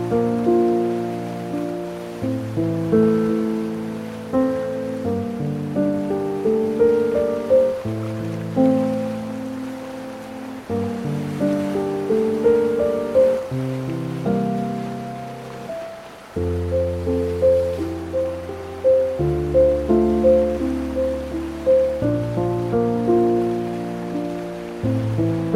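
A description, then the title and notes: A slow, gentle piano lullaby plays, with soft notes rising and fading roughly every second over held low bass chords that change every few seconds. A faint, steady wash of ocean surf hisses quietly beneath the melody throughout. Lullaby for Babies: Piano and Ocean Waves for Baby Sleep. Calming piano lullaby blended with ocean waves.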